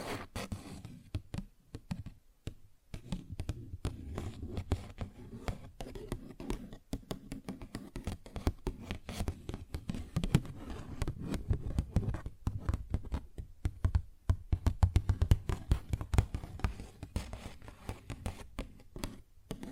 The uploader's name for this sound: Paper Bag Tapping and Scratching Sounds